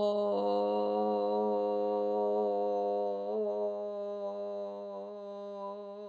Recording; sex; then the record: sustained vowel /o/; female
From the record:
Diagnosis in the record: healthy control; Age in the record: 70 years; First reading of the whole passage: 149 s, 3.0 characters per second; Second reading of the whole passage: 105 s, 4.4 characters per second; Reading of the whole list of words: 65 s, 4.0 characters per second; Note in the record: marked for poor recording quality or reading difficulty